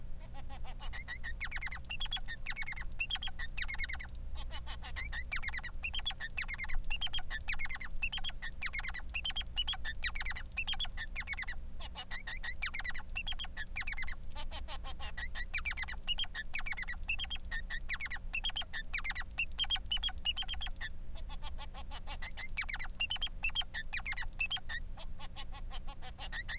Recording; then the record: song of a male Bengalese finch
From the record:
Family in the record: son of father 3